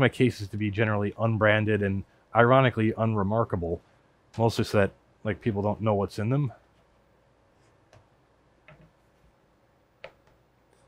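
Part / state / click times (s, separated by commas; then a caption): e-ink tablet into a magnetic folio case holder / seated / 10.0 s. Someone talks for the first six and a half seconds, then a few faint ticks follow in near silence. A reMarkable 2 e-ink tablet is pressed into its folio case's grooved plastic holder, which holds it with magnets. It snaps into place with a sharp click at 10.0 s and is seated.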